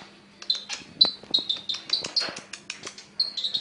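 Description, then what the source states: Sunbird: small bird chattering in fast high twitters, mixed with rustling clicks and taps. Mountain sunbird, champion songbird.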